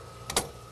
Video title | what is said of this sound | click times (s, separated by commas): Towing a Car With a Motorhome | And locks into place. | 0.3 s, 0.4 s